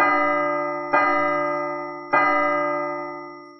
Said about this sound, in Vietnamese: Đúng lúc này, trên đỉnh núi vang lên ba tiếng chuông ngân.